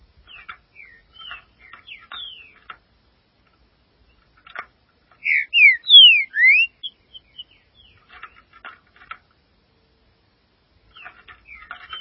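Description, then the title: Green-winged saltator singing one short phrase of four loud whistled notes rising and falling, set between stretches of faint dry clicks and ticks. "Trinca Ferro"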